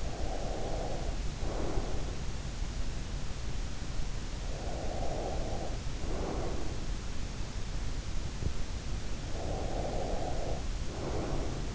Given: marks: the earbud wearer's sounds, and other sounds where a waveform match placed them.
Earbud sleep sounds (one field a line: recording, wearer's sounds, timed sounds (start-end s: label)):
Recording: sounds in sleep by an in-ear microphone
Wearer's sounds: breath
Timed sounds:
0.00-2.25 s: breath
4.32-6.78 s: breath
9.43-11.75 s: breath